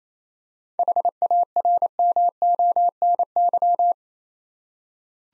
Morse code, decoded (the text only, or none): HARMONY